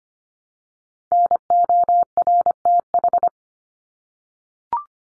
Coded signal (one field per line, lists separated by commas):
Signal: Morse code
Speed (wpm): 25 wpm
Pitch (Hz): 700 Hz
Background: none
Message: NORTH